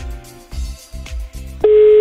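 A telephone busy signal: four low, buzzy tone pulses in a quick even rhythm, then a single steady, louder tone that holds to the end. No one speaks.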